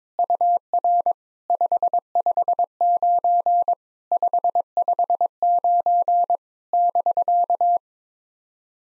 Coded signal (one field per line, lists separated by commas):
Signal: Morse code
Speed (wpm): 22 wpm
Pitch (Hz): 700 Hz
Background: none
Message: UR 559 559 <BK>